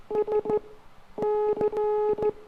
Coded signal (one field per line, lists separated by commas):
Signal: Morse code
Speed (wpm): 14 wpm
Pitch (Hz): 420 Hz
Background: none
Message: SC